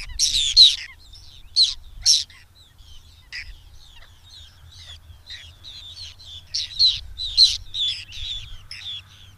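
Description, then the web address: Whiskered tern uttering harsh, scratchy rasping calls in irregular bursts, loudest at the start and again near the end, with softer calls between. "Madardalok Cd 3. Fattyúszerkő"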